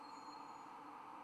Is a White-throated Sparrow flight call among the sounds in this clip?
no